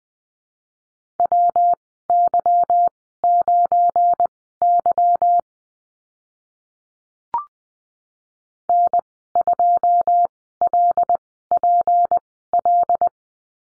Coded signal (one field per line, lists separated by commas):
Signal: Morse code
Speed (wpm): 20 wpm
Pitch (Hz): 700 Hz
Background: none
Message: WY9Y N2LPL